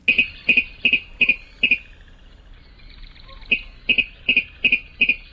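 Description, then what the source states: Virginia Rail calling, a run of five sharp doubled ticking notes about every 0.4 seconds, a pause, then another run of five. Secretive bird of marshes and swamps feeding on insects and aquatic vegetation; laterally compressed body and long flexible toes; played as the show's mystery bird.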